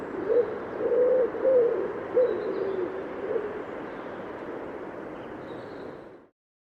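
Bird coos in a few low soft notes over the first few seconds, then only hiss remains until the sound fades out.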